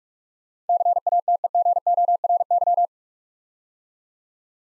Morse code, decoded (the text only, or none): CATEGORY